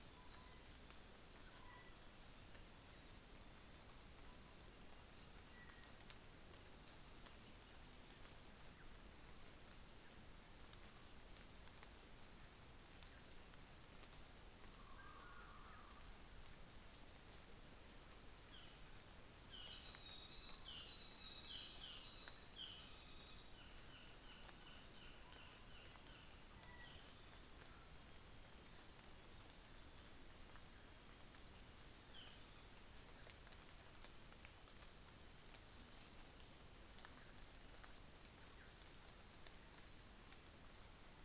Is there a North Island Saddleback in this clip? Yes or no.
yes